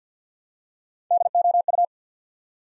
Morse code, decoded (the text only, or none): DOU